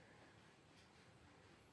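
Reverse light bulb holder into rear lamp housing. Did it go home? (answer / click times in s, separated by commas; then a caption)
no / none. A reverse light bulb holder is pushed into the rusty, partly melted socket of a Swift VDI's rear lamp housing, where the fit is rough. Only a steady, faint rustling hiss is heard, with no sharp sound. The holder has not locked and nothing has clicked; the upper lock holds, but the lower lock does not grip.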